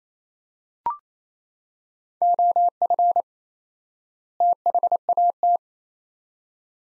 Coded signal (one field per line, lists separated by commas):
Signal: Morse code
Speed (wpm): 27 wpm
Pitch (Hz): 700 Hz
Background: none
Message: OF THAT